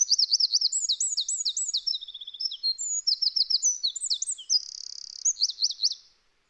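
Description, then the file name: Eurasian wren song, an energetic high stream of rapidly repeated looping notes, a quick buzzy rattle, then a dry trill and more looping notes before stopping. "Troglodytes troglodytes"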